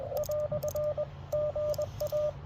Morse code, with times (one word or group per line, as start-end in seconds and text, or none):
0.2-1.0 "
1.3-2.3 GA